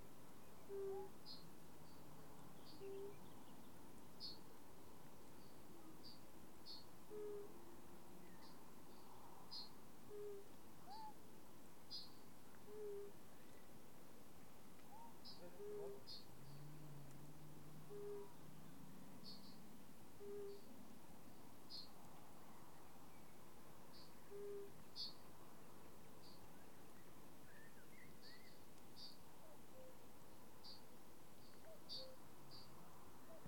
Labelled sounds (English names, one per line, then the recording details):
Fire-Bellied Toad call
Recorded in the wild
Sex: male
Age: adult
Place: Bernau bei Berlin, Barnim, Brandenburg, DE
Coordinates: 52.6633, 13.6176
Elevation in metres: 82
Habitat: pond
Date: 2019-04-30 19:58
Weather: 15°C, clear, almost windless, water 17°C
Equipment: Zoom H4nSP
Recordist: Frommolt, Karl-Heinz
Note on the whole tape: Gewässer südlich des Plattenweges zwischen Börnicke und Bernau. Rufe von mindestens 4-5 Rotbauchunken vom Nordende des Gewässers aus aufgenommen